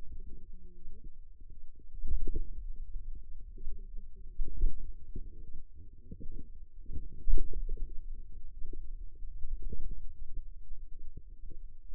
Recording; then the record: forearm muscle sounds (acoustic myography)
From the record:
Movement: finger pinch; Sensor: system 2, bracelet of six BSWA MPA416 microphones around the upper forearm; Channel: 5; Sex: female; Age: 21 years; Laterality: right